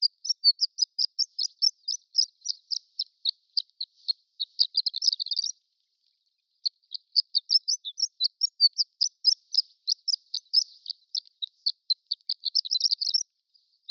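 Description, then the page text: Horned lark twittering: a long run of high, thin, tinkling notes with quick dense flurries, pausing briefly near the middle before resuming; no other sounds. Prairie subspecies of horned lark, giving extended twittering. "Prairie Horned Lark Extended Twittering. Quick Sounds library"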